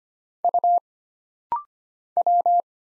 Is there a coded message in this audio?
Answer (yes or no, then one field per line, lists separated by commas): yes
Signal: Morse code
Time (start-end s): 0.4-2.6 s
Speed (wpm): 25 wpm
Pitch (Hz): 700 Hz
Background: none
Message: U W